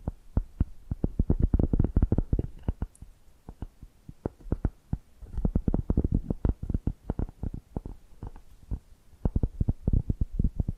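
Fast, hollow tapping in dense bursts, with quick strokes that sound like scratching mixed in. The taps are strongest and most continuous in the first three seconds, then come in shorter clusters separated by brief quiet gaps, picking up again near the end.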